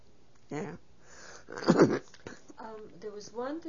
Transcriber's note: she clears her throat